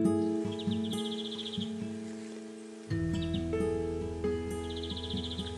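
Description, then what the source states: European greenfinch song, brief buzzy trilled phrases repeated three times, over a steady low hum. Heard in the mountains during a long hike, at 7:19 in the morning on Sunday 2 July.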